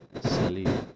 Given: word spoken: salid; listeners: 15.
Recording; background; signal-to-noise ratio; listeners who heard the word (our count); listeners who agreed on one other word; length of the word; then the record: one Spanish word in noise, from a listening test; noise modulated by one talker; -7.9 dB; 0 of 15; 10 of 15; 0.56 s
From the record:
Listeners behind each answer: 10, 1, 1, 1, 1, 1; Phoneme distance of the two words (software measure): 10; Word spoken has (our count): 2 syllables, 5 phonemes, stress on syllable 2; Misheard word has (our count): 2 syllables, 5 phonemes, stress on syllable 2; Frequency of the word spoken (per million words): 0.27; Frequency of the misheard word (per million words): 147.13